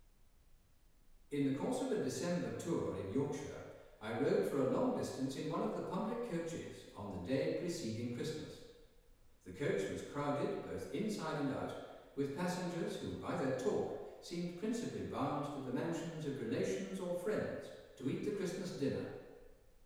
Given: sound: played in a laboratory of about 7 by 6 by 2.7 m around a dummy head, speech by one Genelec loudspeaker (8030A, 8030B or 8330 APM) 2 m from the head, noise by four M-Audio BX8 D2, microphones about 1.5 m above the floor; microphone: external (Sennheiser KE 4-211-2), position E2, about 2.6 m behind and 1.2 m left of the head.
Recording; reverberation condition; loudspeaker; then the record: male speech in English; high; 30 degrees to the right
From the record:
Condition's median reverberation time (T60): about 1300 ms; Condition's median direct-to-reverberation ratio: about -4.0 dB